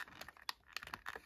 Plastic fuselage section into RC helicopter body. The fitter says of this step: push this in there you go it clicked